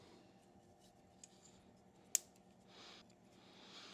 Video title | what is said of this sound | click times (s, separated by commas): How To DIY Clean Honda Fuel Injectors! | all right and there is our fuel rail all four injectors everything's fully clipped on | 2.1 s